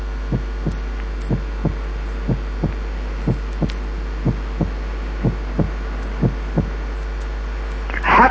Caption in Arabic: النورمال هارت ساوند على ريت 60. الفيرست ساوند لور ان بيتش. ادخن من ناحيه التون او البيتش، وكمان ادخن من ناحيه الديوريشن.